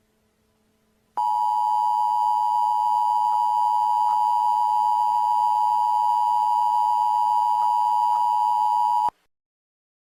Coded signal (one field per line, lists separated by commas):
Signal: Emergency Alert System (SAME) tones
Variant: 853 and 960 Hz attention tone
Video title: Don’t Frown in Clown Town: A Halloween EAS Scenario